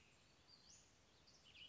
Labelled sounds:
Western Flycatcher (Empidonax difficilis)
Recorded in Sonoma County, California

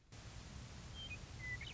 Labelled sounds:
Western Meadowlark (Sturnella neglecta)
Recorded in Sonoma County, California

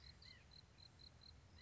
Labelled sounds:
White-breasted Nuthatch (Sitta carolinensis)
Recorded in Sonoma County, California

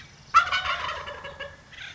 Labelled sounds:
Wild Turkey (Meleagris gallopavo)
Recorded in Sonoma County, California

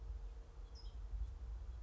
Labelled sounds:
California Towhee (Melozone crissalis)
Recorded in Sonoma County, California

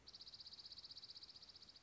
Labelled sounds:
Dark-eyed Junco (Junco hyemalis)
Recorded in Sonoma County, California

